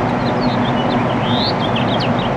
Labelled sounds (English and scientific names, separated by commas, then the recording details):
House Finch (Haemorhous mexicanus) song
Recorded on Long Island, New York, on 13 June 2011
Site MH
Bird B